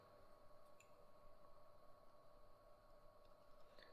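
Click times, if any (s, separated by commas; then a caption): none. A 1:18 scale Joytoy Corvus Belli Infinity Yu Jing plastic action figure is pushed into its plastic display pod, which should twist and lock. Only a steady background hum and two faint brief ticks near 0.8 s and 3.8 s are heard. Nothing has clicked or locked yet, and the figure fails to twist-lock into the pod.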